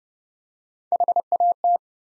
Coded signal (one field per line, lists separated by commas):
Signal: Morse code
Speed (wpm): 30 wpm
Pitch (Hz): 700 Hz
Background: none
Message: HAT